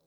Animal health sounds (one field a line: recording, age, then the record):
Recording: pig call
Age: piglet (1 to 25 days)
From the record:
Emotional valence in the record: positive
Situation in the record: reunion after long isolation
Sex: male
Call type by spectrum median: low-frequency call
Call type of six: low-frequency stable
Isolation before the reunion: 8 minutes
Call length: 0.07 s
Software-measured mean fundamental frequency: 42 Hz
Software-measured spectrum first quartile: 419 Hz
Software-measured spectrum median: 1793 Hz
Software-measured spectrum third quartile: 11409 Hz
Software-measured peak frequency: 563 Hz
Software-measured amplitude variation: 19 dB a second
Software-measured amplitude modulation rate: 7.2 a second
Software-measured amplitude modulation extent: 2.6 dB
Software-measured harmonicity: 7.5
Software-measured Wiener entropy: -2.96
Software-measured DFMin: 1577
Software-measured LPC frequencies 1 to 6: 529, 2183, 4061, 5276, 6055, 7003 Hz